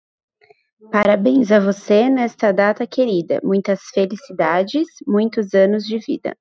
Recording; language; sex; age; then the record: short text; Brazilian Portuguese; female; 20 to 29 years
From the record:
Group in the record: control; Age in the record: 28 years